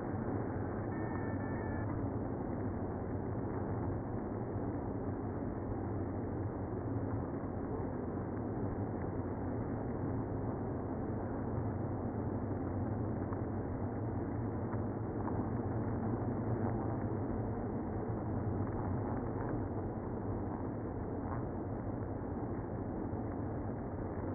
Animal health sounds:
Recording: honeybee colony, microphone inside the hive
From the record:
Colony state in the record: queenless (queen removed)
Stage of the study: after two queens were removed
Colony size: about 60,000 bees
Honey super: yes

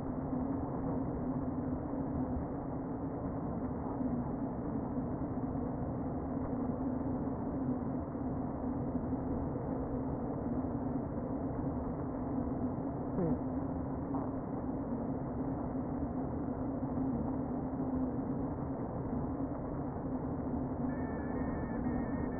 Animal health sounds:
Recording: honeybee colony, microphone inside the hive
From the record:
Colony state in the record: queen present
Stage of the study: before two queens were removed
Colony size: about 60,000 bees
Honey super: yes

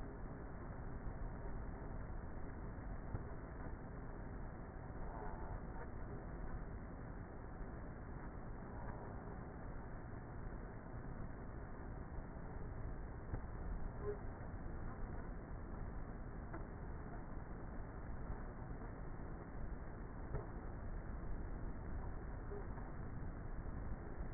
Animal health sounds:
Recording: honeybee colony, microphone inside the hive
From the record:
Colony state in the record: queenless with a low population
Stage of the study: before two queens were removed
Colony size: about 30,000 bees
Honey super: no

